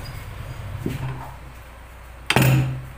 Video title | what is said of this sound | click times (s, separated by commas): NAAKSIDENTE NA KABIKER TINULUNGAN NATIN AYUSIN WASAK NA MOTOR NYA ASSEMBLY PART 2 | pag narinig nyo ng ganun, lumapat na yung bearing. Ayun, lumapat na siya sa ilalim. | 2.3 s